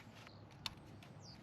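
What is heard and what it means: A wiring harness electrical connector is plugged onto the high pressure fuel pump of a 2016-2018 Kia Optima after the final torque step. A sharp, bright click at 0.7 s stands out over a low steady background, with fainter ticks around 0.3 s and 1.0 s. The connector is seated.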